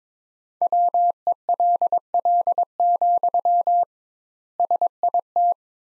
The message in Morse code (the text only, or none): WELL, SIT